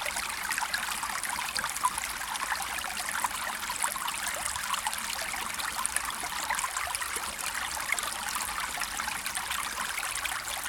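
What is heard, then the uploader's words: Water from a bamboo fountain trickles and splashes continuously at an even level, a bright, dense patter with little low end and no pauses. Bamboo Water Fountain Sound.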